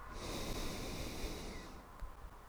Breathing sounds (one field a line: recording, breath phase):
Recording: one breath near a microphone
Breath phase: exhalation